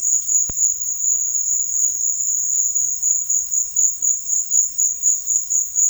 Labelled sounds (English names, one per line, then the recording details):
none
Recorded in secondary vegetation near Puerto Asís, Putumayo, Colombia, on 12 March 2025 at 14:30
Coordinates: 0.499, -76.323
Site G094